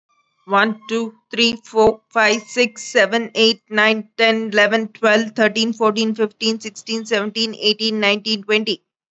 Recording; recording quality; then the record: counting at a fast pace; excellent, no background noise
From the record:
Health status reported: healthy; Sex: female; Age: 48 years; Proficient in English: yes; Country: India